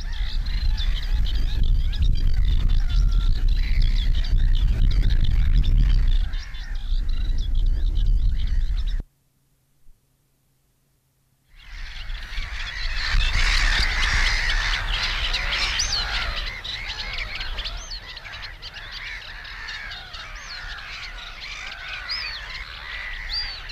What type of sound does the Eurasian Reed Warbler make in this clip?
song